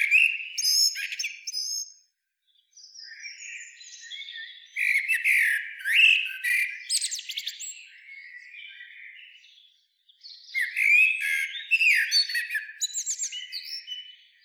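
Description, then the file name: Eurasian blackbird uttering three extended runs of high, scratchy squeaks and chattering twitters, with short silent gaps between the runs. "Turdus merula"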